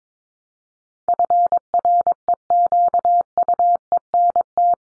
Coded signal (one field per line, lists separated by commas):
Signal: Morse code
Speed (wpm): 22 wpm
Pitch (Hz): 700 Hz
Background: none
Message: FREQUENT